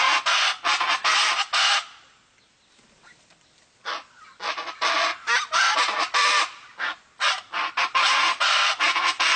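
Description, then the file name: Chaco chachalaca chorus of loud, harsh, rasping calls in rapid rhythmic bursts, a quiet gap of about two seconds, then the clamour returns. Recorded in the Pantanal. "Aracua"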